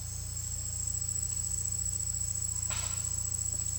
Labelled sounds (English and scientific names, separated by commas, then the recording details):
none
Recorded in secondary vegetation near Puerto Asís, Putumayo, Colombia, on 18 December 2024 at 10:00
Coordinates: 0.484, -76.319
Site GP06